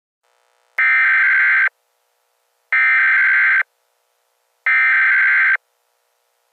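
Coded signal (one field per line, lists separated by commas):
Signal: Emergency Alert System (SAME) tones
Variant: header bursts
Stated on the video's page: Fictional EAS scenario, a simulated alert.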